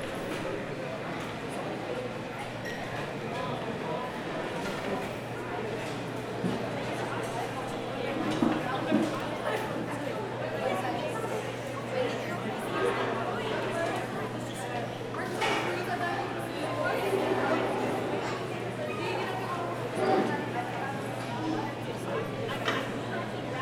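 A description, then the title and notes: Inside a busy mall, a dense, steady wash of overlapping voices fills the space. A low hum runs underneath throughout, while scattered clacks and footsteps pop out, including a brighter knock near fifteen seconds and another around twenty. In the Middle of the Mall.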